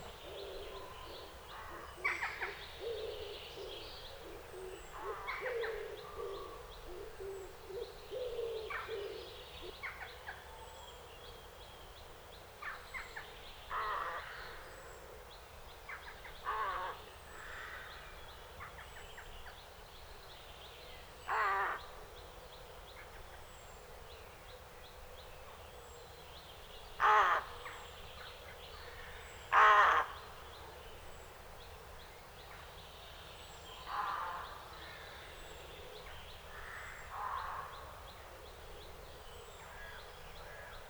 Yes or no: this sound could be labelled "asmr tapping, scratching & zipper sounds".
no